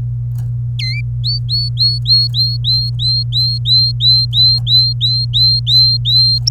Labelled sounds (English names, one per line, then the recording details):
Domestic Canary song
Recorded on 27 April 2018 at 08:48
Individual llb3